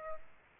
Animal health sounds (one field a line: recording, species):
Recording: mosquito wingbeat signal from an infrared sensor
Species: Aedes aegypti